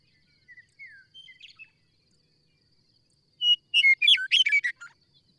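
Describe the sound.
Bird singing: soft, scattered downslurred whistles at first, then after a pause a loud, fast tumbling burst of high chirps and trills.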